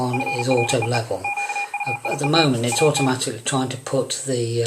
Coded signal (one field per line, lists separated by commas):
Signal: Morse code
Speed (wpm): 37 wpm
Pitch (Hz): 2450 Hz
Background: speech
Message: FREE QUIET AT